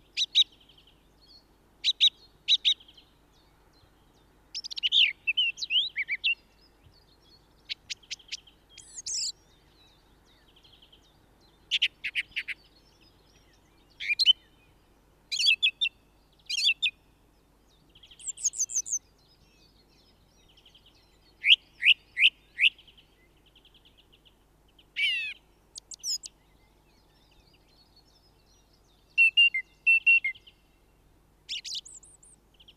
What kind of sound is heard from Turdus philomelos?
song